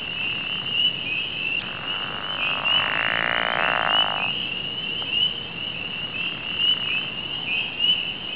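Pickerel frog producing a long, low, rasping snore of about three seconds, set against a constant high, buzzy trilling chorus.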